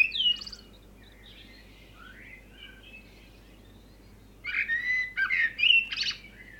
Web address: Geraeusche Auf dem Land vögel am morgen